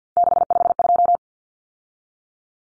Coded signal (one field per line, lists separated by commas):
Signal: Morse code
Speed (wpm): 50 wpm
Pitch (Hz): 700 Hz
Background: none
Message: 652